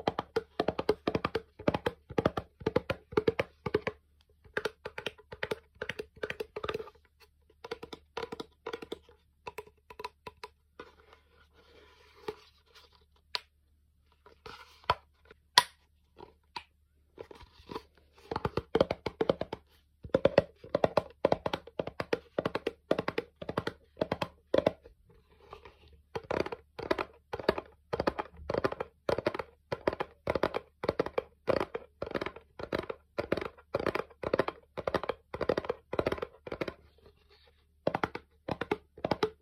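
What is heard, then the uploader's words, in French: Dry tapping, mostly rapid fingertip taps in dense bursts with brief pauses, the heaviest stretch after about 25 seconds. Around 10 to 18 seconds it turns sparser, with a few sharp cracks. A low steady hum sits underneath throughout. ASMR taping principalement. ASMR tranquille no talking.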